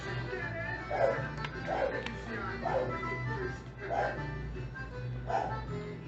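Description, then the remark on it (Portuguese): A dog gives about five short, mid-pitched barks at uneven intervals over a steady low hum, with a faint whimpering quality between some of them. “Vamos falar mal de muita gente. Inclusive, meu cachorro.”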